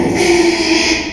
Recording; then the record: squeal of a Yucatan mini pig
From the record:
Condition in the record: after surgery on the right vocal fold (resection and tissue-engineered implant); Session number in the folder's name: 2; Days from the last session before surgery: 13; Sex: male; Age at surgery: 12 weeks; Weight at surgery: 13 kg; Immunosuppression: cyclosporine, prednisolone